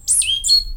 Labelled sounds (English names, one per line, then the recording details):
Stitchbird song
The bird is a male
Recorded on Tiritiri Matangi Island, New Zealand, in 2005
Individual 22, of nest box 31